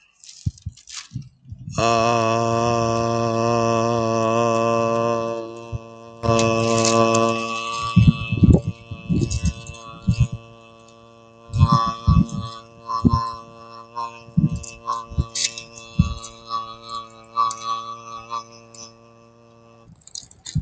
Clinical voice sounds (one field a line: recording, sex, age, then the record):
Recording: vowel held as long as possible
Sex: male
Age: 30 to 39 years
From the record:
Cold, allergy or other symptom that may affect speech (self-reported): no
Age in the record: 34 years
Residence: Florida, United States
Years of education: 13